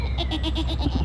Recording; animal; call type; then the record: contact call of a hoofed animal; goat; low-frequency (closed-mouth) or high-frequency (open-mouth) call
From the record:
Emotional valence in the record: negative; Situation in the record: short social isolation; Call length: 1.05 s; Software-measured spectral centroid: 2330 Hz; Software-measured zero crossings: 1110 a second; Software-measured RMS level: -24 dBFS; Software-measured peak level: -10 dBFS